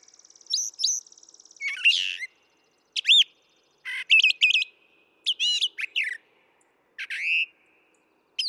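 Brown thrasher song, beginning with a buzzy trill, then loud looping whistled phrases and clicking notes, each phrase often given twice with pauses between.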